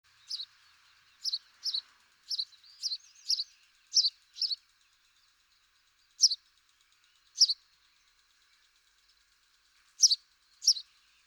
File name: Passer domesticus